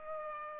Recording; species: mosquito wingbeat signal from an infrared sensor; Culex pipiens